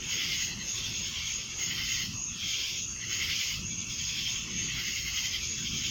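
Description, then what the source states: Cicadas keep up a constant high buzzing drone with gentle surges, while steady low rumbling noise runs underneath. Cicadas in Annapolis, July 2012.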